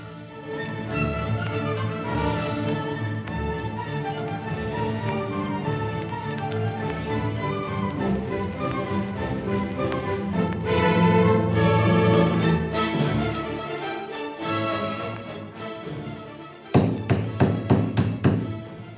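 Steady music plays throughout a radio drama broadcast on Radio Mohammed VI du Saint Coran, Morocco, then near the end a quick series of about five sharp, loud knocks on a door rings out in an even rhythm over the fading music.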